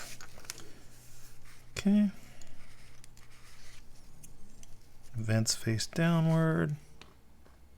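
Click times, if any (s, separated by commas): none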